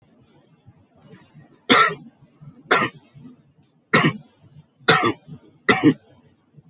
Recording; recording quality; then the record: heavy voluntary cough; excellent, no background noise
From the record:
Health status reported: healthy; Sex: male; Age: 50 years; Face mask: not worn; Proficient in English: yes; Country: India